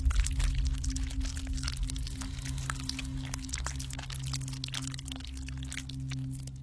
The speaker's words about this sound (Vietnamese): Lão bốc từng quả trứng nhét vào mồm, rồi cứ thế nguyên vỏ nhai trứng sống rau ráu.